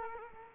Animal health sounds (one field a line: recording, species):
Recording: mosquito wingbeat signal from an infrared sensor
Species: Culex quinquefasciatus